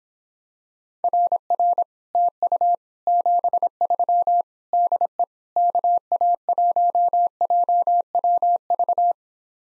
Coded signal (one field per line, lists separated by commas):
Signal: Morse code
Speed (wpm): 26 wpm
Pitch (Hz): 700 Hz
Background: none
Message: RR TU 73 DE KA1JWV